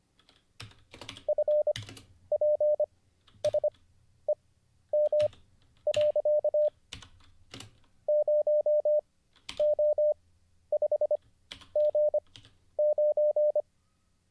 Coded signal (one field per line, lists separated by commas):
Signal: Morse code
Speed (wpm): 25 wpm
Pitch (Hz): 600 Hz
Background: none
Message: FPSEM. 0O5G9